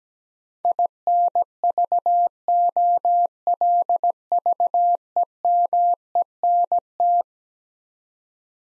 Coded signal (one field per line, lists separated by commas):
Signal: Morse code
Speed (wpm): 17 wpm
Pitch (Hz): 700 Hz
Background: none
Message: INVOLVEMENT